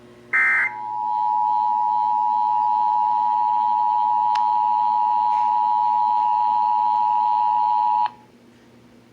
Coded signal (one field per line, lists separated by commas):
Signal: Emergency Alert System (SAME) tones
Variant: 853 and 960 Hz attention tone